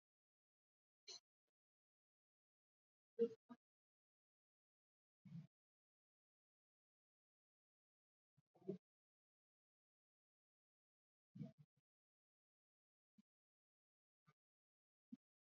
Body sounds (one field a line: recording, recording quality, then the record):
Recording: deep breathing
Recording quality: poor, much background noise or distortion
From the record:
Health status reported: recovered from COVID-19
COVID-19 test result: positive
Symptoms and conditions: cough, cold, fever, loss of smell and taste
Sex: male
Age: 32 years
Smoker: not ticked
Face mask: not worn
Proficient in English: yes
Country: India